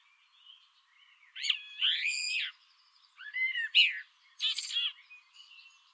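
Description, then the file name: Eurasian blackbird song: a rich, slurred warble rising and falling, followed by two more phrases ending in harsh, high-pitched twittering. "Turdus merula"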